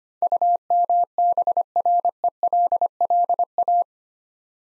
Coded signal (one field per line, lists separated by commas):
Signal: Morse code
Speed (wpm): 28 wpm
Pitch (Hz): 700 Hz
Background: none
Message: UMBRELLA